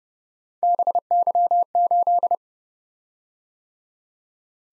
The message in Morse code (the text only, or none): BY8